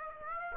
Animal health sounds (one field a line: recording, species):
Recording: mosquito wingbeat signal from an infrared sensor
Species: Aedes aegypti